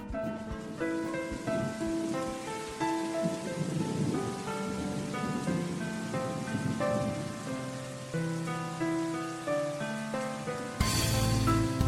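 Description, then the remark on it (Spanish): Steady rain patters and hisses throughout while a gentle melody of sustained tones plays over it, ending in a sudden louder wash of rushing noise. “Y corren al coche, resbalando y tropezando, a refugiarse de la lluvia.”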